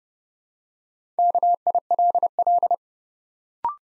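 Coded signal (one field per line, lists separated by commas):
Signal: Morse code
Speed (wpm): 30 wpm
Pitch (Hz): 700 Hz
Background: none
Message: KILL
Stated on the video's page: Morse code practice at 30 wpm, building 4-letter words two letters at a time for instant character recognition.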